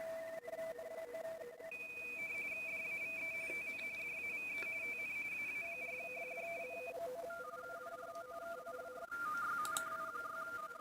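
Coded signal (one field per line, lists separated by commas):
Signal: RTTY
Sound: rapid warbling between two close tones, several overlapping RTTY signals at different pitches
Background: radio static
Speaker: Alright, there's one right there. I'm going to try to get the one with the browser here.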